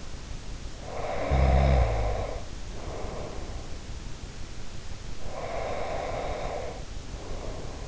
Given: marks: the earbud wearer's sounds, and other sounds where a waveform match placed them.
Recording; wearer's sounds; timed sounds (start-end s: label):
sounds in sleep by an in-ear microphone; snoring breath, breath
0.83-3.76 s: snoring breath
5.19-7.88 s: breath